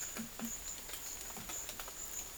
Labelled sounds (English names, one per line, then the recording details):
none
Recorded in dense forest near Puerto Asís, Putumayo, Colombia, on 24 June 2025 at 12:00
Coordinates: 0.484, -76.325
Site H65